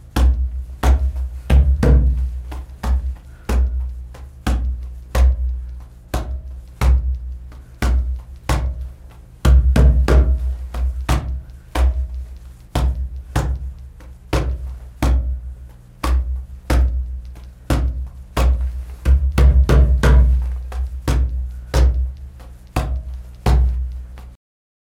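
An udu drum made of ice is played with a steady run of sharp taps, roughly two or three per second, each followed by a deep, round boom that hangs in the low end. The strikes stay even, with a few heavier clusters near ten and twenty seconds.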